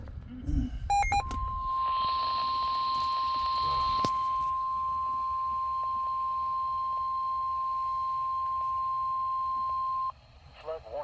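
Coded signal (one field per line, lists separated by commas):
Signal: Emergency Alert System (SAME) tones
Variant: 1050 Hz attention tone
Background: speech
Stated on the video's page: Two river flood warnings on NOAA Weather Radio station KHB31.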